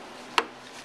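A snap fastener on a fabric STAT MOLLE/PALS strap, laced one hole up through an MPAC vehicle storage rack, is pressed closed. A single sharp snap is heard at 0.4 s against faint background noise. The snap seats and the bag is installed.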